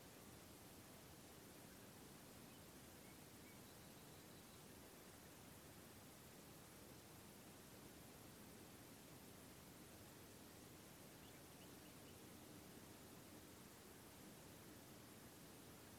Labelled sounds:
Common Nightingale

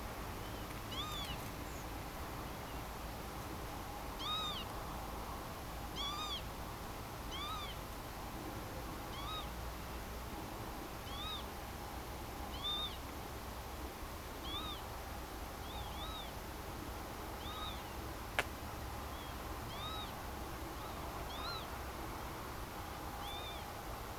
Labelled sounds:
Northern Lapwing
Redwing
unidentified sound

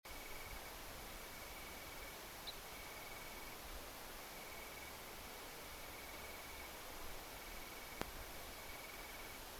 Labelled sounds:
Ortolan Bunting
unidentified sound

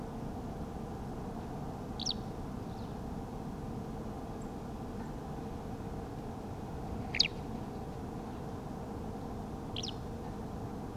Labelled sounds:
Eurasian Skylark
Song Thrush

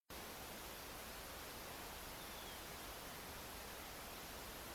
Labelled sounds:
Dunlin

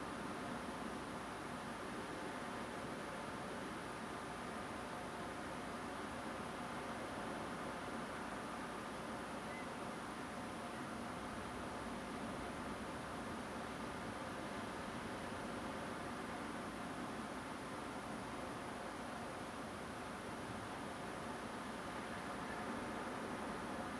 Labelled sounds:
Grey Heron

